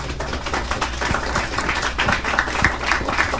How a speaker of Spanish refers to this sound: Tenemos a Miguel Ángel Lara, que es el director general de Editorial Camite. Un aplauso para Miguel Ángel, por favor.